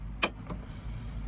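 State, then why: Seated. The handbrake lever of a small RKS A1 electric car is lowered, then raised just far enough for the ratchet pawl to engage its toothed sector by one notch, setting a reference point for adjusting the rear brakes. A single sharp click at 0.2 s shows the pawl seating in the first notch, followed by a fainter tick at 0.5 s over low background hum.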